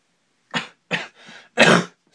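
Three short, harsh cough bursts in about two seconds from an adult man, with a softer, breathy outflow between the second and third. This is a brief bout of coughing from a man who was a bit ill during the afternoon and has an irritated throat.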